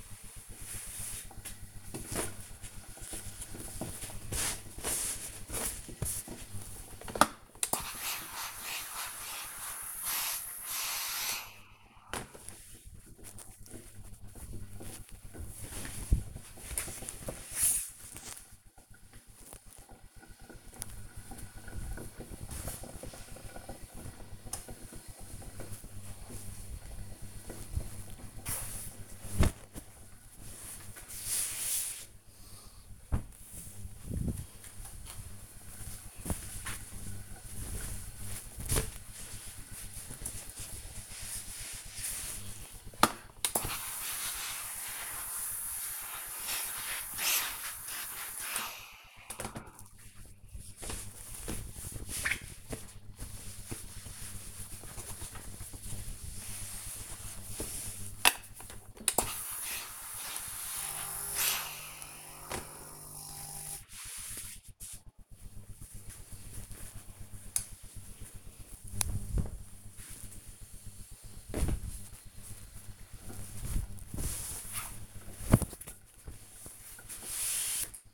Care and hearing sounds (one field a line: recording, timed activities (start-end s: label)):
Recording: household activities, microphone on the right wrist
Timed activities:
0.00-35.57 s: ironing laundry
42.60-77.81 s: ironing laundry